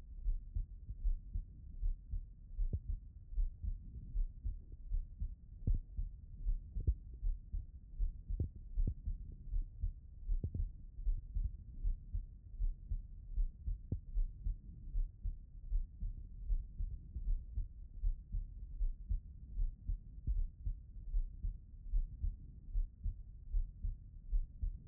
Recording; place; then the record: heart sounds by stethoscope; pulmonary valve (PV)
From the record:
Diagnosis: non-HFrEF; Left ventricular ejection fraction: 57%